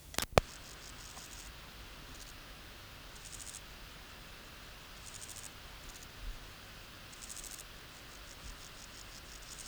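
Grasshopper (Euchorthippus declivus): faint high buzzy bursts of rapid pulses, each about half a second long, repeated roughly every two seconds over a hiss, with a few sharp clicks at the start.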